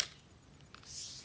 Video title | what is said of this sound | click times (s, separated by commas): Car Wash Series - Ryobi 1900psi Pressure Washer Review - Ryobi foam cannon #Ryobi #Bmw #E90 #E46 | you're gonna want you're gonna hear a click | 0.0 s